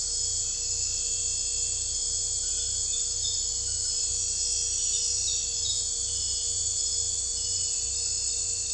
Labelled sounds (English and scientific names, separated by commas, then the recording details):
none
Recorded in secondary vegetation near Puerto Asís, Putumayo, Colombia, on 21 December 2024 at 00:30
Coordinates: 0.498, -76.327
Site GP07